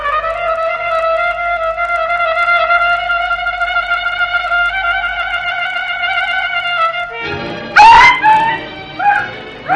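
A dog lets out a long, steady, high-pitched whine that holds for several seconds, then breaks into a sudden flurry of sharp yelps and short barks: the mutt of the jester Lans in a radio play.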